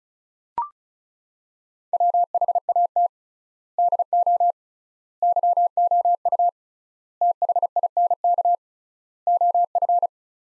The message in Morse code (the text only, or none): WHAT DO YOU THINK OF